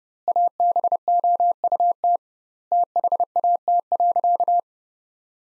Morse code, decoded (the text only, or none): ABOUT THAT.